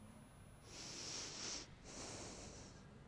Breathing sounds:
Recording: one breath in and out by a microphone near the nose and mouth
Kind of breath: deep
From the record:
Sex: male

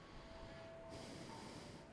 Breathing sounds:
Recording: one breath in and out by a microphone near the nose and mouth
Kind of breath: normal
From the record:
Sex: male

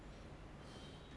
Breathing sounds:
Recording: one breath in and out by a microphone near the nose and mouth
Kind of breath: normal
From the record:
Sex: male

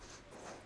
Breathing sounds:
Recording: one breath in and out by a microphone near the nose and mouth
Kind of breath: strong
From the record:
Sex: female

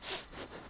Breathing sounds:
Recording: one breath in and out by a microphone near the nose and mouth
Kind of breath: strong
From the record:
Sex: male

